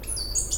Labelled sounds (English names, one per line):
Stitchbird song